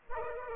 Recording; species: mosquito wingbeat signal from an infrared sensor; Culex pipiens